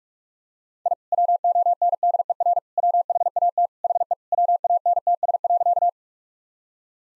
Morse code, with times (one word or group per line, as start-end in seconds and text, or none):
0.9-0.9 I
1.1-2.6 WONDER
2.8-3.7 WHAT
3.8-4.1 HE
4.3-5.9 WANTS.